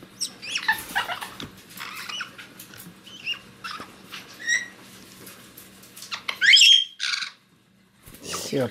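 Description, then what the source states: Caique chick squawks, with scattered short rasping and chirping notes and one loud rising squeal near the end, over a low steady hum. Chick singing, getting playful.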